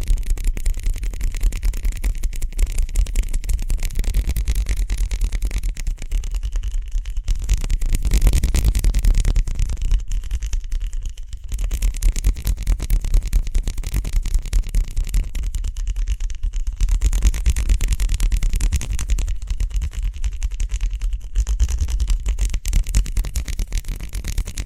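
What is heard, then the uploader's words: Quick hand sounds of rubbing and brushing run without pause, a dense, fast crackle of tiny strokes at a steady loudness. Fuller, heavier swells of rubbing come and go every few seconds, and a low rumble sits underneath throughout. ASMR Speedy Hand Sounds (No Talking).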